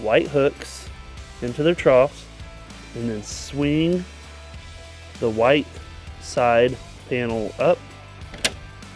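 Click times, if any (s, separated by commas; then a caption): 8.5 s. Someone talks while a white plastic side panel on a Xerox C410/C415 printer, being refitted during a waste toner bottle replacement, is hooked into its troughs at the bottom and swung up into the printer's side compartment. A soft tap at 8.3 s is followed by a sharp click at 8.5 s as the panel seats in place.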